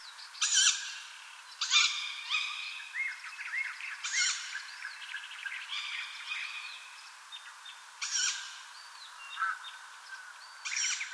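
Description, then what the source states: Tawny owl chicks making several raspy, breathy hisses, some fainter. Owl chicks, recorded 27 May 2015.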